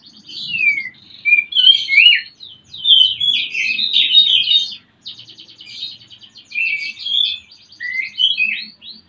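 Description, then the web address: Oriental magpie-robin song: a near-continuous stream of varied whistles mixed with buzzy, rattling notes, with a faint low rumble underneath. Used as a lure to stimulate a bird in breeding condition to sing. "kacer pancingan birahi. masteran kacer"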